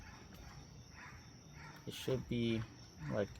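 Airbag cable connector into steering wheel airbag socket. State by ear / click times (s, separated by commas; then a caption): not seated / none. An airbag cable connector is pushed back into its socket behind an M340 steering wheel while someone talks over a steady background hiss. No click has sounded; the connector has not clicked into place, though it does not come out when pulled.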